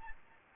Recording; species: mosquito wingbeat signal from an infrared sensor; Aedes albopictus